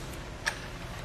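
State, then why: Seated. The latch on a Thule Camber 4-bike hitch rack on a 2019 Jeep Cherokee is lifted and the upright mast is folded down into its condensed position, shrinking the rack's reach from about 41 inches to about 11 inches so the vehicle can fit in a garage. Over a steady low background hum, a single sharp, bright click sounds at 0.5 s. The mast snaps and locks into its folded position.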